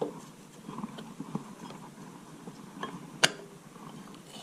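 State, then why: Seated. While a variator is being fitted on a Peugeot 103 Vogue moped engine, a clip-on part is pressed home onto the engine. Quiet handling knocks and rustles lead up to one sharp, bright click at 3.2 s as the part snaps into place, and the fit is confirmed as clipped in.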